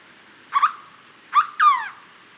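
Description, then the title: Hooded berryeater calling: three harsh, nasal, hoarse notes, a short doubled note, a short note, then a longer descending rasping note, with quiet background. "LuckyPassaro Completos2Sama. Hooded Berryeater (Carpornis cucullata)"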